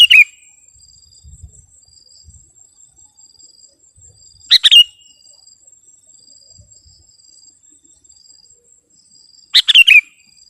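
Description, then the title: Sooty-headed bulbul repeating a short, bubbly phrase three times, spaced about five seconds apart, against a thin, steady high-pitched whine. "kutilang"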